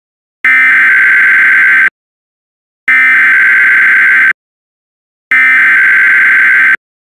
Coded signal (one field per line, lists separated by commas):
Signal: Emergency Alert System (SAME) tones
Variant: header bursts